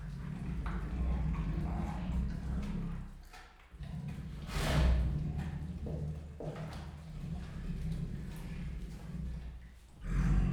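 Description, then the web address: Siberian tiger growling in long low rasping rumbles, broken by short pauses, with scattered thumps and a final loud surge of growl. Captive at Miskolc Zoo, growling and rasping while eating; 2018. "allathangok miskolcizoo 2018 professzionalis sziberiai tigris morogvahorogveesznek miskolczoo"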